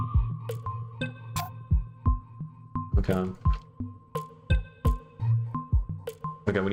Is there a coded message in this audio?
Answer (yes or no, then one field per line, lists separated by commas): no